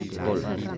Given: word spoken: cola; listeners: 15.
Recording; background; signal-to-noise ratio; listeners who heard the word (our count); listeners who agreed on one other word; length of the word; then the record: one Spanish word in noise, from a listening test; eight-talker babble; -0.2 dB; 1 of 15; 7 of 15; 0.38 s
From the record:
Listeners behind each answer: 7, 1, 1, 1, 1, 1, 1, 1, 1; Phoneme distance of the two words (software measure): 17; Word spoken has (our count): 2 syllables, 4 phonemes, stress on syllable 1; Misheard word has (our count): 1 syllable, 3 phonemes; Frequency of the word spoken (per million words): 34.15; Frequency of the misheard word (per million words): 42.26